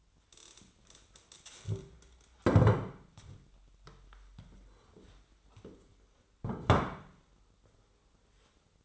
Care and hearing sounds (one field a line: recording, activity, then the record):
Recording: daily activity, microphone in the room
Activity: stand up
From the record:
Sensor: 3